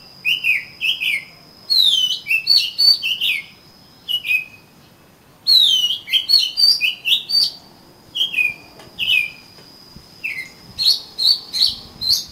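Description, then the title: Oriental magpie-robin giving rich, varied whistled phrases and descending slurs in bursts separated by short pauses, with a steady faint high tone behind. "Kacer Kacer"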